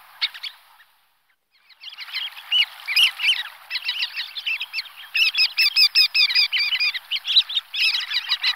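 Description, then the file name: Sandpiper calls: a few notes, a short pause, then a busy run of sharp, twittering chirps in quick succession. "Calidris"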